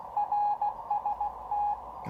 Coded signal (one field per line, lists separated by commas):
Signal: Morse code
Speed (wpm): 16 wpm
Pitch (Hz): 810 Hz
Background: none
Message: RST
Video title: Giant portable HF Whip Antenna @TheArtofEngineering